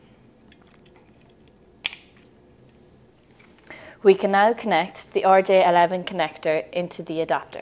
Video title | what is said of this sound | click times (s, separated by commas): How to Set Up the DS1922 Thermochron | putting the I button into the blue dot receptor you must hear an audible click to know that it's in place | 1.9 s